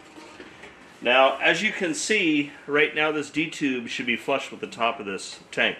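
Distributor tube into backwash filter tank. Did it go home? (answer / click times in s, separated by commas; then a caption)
no / none. A distributor tube (D-tube) sits in a manual non-electric backwash water filter tank but is not seated down in the small divot at the bottom, since it should sit flush with the top of the tank. After a second of quiet background noise, someone talks through the rest of the clip. Nothing has seated or clicked yet.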